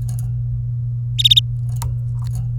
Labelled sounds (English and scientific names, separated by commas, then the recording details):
Domestic Canary (Serinus canaria) song
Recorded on 23 April 2018 at 15:34
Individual llb3